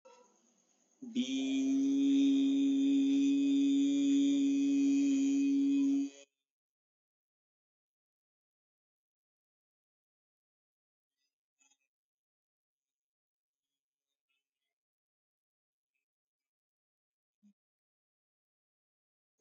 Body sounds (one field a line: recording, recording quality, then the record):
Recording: sustained vowel as in beet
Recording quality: excellent, no background noise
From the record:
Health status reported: healthy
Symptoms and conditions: diabetes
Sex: male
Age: 26 years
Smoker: not ticked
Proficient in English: yes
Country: India